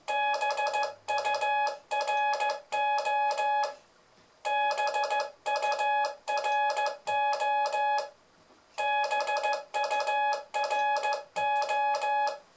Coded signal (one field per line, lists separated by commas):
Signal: Morse code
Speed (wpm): 15 wpm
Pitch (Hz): 840 Hz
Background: none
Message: BURO BURO BURO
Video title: complément de : '' le morse c est facile''